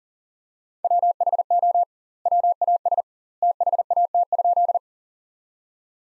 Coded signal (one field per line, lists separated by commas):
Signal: Morse code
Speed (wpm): 40 wpm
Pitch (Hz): 700 Hz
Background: none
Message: WHO WAS THAT?